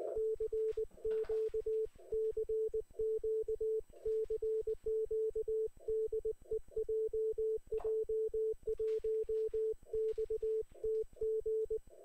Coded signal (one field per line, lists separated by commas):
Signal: Morse code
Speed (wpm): 19 wpm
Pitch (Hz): 440 Hz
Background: none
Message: CQ CQ CQ DE JJ1XTG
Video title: 5W以下で100局！QRPマラソンスタート♯1